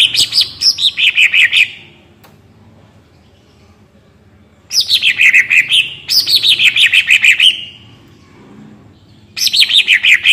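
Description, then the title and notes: Greater green leafbird song: short phrases of rapid chirping notes sliding downward from high to mid pitch, separated by pauses. Master recording for training captive cucak ijo; gacor, melodious song in ngentrok style with raised crest (jambul nembak). "Cucak Ijo Gacor Ngentrok Jambul Nembak. suara burung cucak ijo gacor, merdu cocok buat masteran burung cucak ijo"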